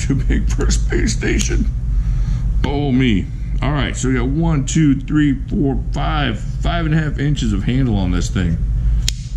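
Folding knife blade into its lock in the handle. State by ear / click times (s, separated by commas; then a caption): seated / 9.1 s. A man talks over a low background rumble as the large steel blade of a folding knife is flicked open. The blade snaps into its lock in the handle with a sharp, loud click at 9.1 seconds and seats in place.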